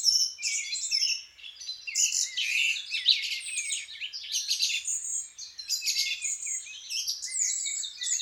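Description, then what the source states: Dense birdsong from many birds, quick twittering runs, clear whistles and trills interleaving without pause. Birds waking up.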